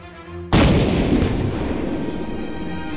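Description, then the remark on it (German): A single loud shot from a small cannon at a boat's bow, fired as a distress signal with its fuse lit by a burning pine splinter, bursts out after a half-second of low rumbling, then a long broad roar that slowly fades but keeps rumbling to the end. “Am Bug der Tankadere stand eine kleine Kanone, mit der bei dichtem Nebel Warnschüsse abgegeben werden konnten.”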